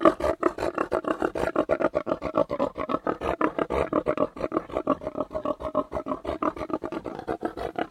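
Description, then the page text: Tamworth pigs giving rapid, steady rough grunts, several per second, in an unbroken rhythmic stream throughout. Three pigs, Tamworth breed, outdoors grunting in a yard; some wind noise; close perspective recording. "Three Tamworth Pigs, exterior, grunting in yard, some wind noise"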